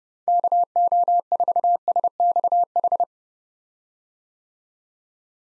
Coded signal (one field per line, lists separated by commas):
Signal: Morse code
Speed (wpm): 30 wpm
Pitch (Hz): 700 Hz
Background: none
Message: KO4SXH